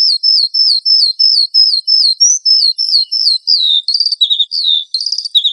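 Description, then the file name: Horsfield's bush lark song: a series of similar wavering whistles repeated at an even pace, then buzzier, rougher notes and falling slurs. "suara burung branjangan"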